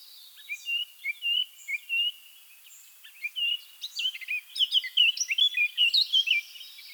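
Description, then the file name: Eurasian blackcap song: a short scratchy warbled phrase, a pause, then a longer, louder phrase of quick chattering notes ending in clear fluty whistles. "Sylvia atricapilla"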